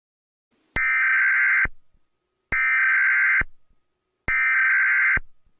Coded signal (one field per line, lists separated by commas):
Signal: Emergency Alert System (SAME) tones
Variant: header bursts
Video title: EAS Scenario #13 - The Blackhole